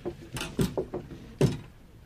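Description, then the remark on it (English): A sliding train compartment door rattles open in a few quick clunks and scrapes, ending in one louder thud before fading into quiet. “The other door, Toby. Sleeping berths, I should think.”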